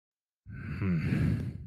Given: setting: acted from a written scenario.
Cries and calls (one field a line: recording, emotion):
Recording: vocal sound without words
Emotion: contempt